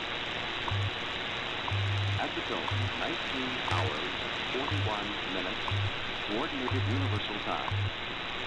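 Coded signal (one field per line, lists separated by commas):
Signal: radio time signal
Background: speech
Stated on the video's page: Shortwave time signal stations: WWV on 2.5–25 MHz, CHU on 3330, 7850, 14670 kHz, RWM on 4996, 9996, 14996 kHz in CW mode.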